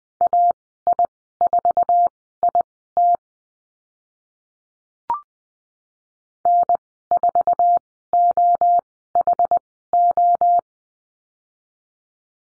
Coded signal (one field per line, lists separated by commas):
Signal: Morse code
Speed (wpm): 20 wpm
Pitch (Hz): 700 Hz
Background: none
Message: AI4IT N4OHO